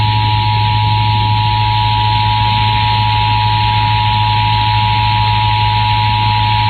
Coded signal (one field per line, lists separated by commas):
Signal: Emergency Alert System (SAME) tones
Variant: 853 and 960 Hz attention tone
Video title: Massachusetts Amber Alert on WMAS-FM Enfield, Connecticut (94.7 WMAS) (12/1/22) (EAS #65)